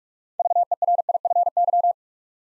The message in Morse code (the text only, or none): VERIFY